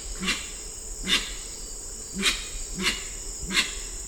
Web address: sound Grey-winged-trumpeter